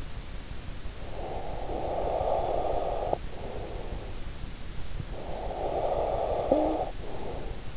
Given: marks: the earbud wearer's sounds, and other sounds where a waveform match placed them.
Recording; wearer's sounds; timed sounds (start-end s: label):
sounds in sleep by an in-ear microphone; breath, snoring breath
0.88-4.30 s: breath
4.97-7.77 s: snoring breath